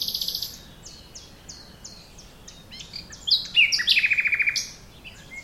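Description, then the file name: Common nightingale singing a fast stuttering series of high notes, a run of quieter repeated notes, then loud slurred notes and a rattling series of repeated clicks. "Luscinia megarhynchos"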